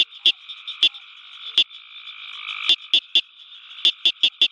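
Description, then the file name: Southern cricket frog giving crisp metallic clicks, scattered at first, then a fast run of four near the end, above a constant high-pitched chorus drone. "Acris gryllus call"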